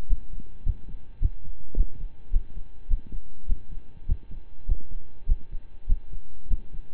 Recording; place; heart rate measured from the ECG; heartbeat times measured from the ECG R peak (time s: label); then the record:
heart sounds by stethoscope; between the tricuspid and mitral areas; 103 bpm
0.07 s: heartbeat
0.63 s: heartbeat
1.19 s: heartbeat
1.74 s: heartbeat
2.30 s: heartbeat
2.88 s: heartbeat
3.46 s: heartbeat
4.06 s: heartbeat
4.66 s: heartbeat
5.26 s: heartbeat
5.86 s: heartbeat
6.48 s: heartbeat
From the record:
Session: slow and fast walking with breaks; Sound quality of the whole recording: saturated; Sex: male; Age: 25 years